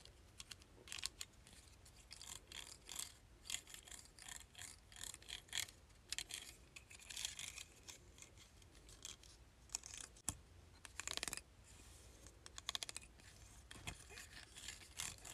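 A hair clip is handled in quick, irregular bursts of small clicks, snaps and rattly plastic scrapes, thick through the middle of the clip. A sharp snap lands near ten seconds, and a low rumble hums underneath throughout.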